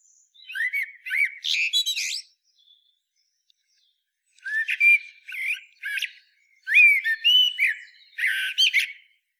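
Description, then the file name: Eurasian blackbird song: several phrases mixing sweet whistled notes with squeaky, rapid high twittering, separated by short silences. "Turdus merula"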